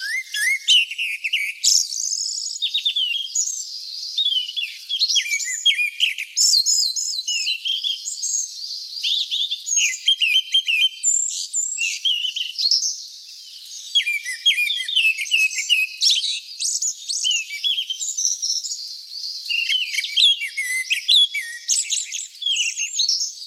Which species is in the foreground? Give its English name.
Grey-backed Thrush